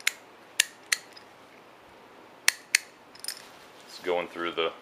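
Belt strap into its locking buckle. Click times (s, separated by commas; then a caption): 0.1 s, 0.6 s, 0.9 s, 2.5 s, 2.8 s. The webbing strap of a Boxer Tactical Apogee belt is fed through its metal ratchet buckle, giving sharp ratcheting clicks at 0.1, 0.6, 0.9, 2.5 and 2.8 seconds as it locks into place. A few softer rattles follow, and someone talks at the end.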